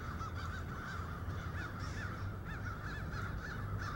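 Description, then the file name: Crows cawing in quick, rasping bursts, many calls overlapping and tumbling over one another without pause, a deep droning hum running underneath. In Cincinnati. "cinci crows"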